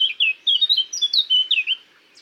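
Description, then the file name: Eurasian blackcap song: a rapid, varied phrase of clear whistled and warbled notes, high-pitched, with short pauses between bursts and no other sounds. "Sylvia atricapilla"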